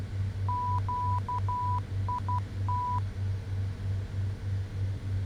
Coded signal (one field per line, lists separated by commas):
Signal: Morse code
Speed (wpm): 12 wpm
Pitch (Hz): 990 Hz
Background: none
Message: QIT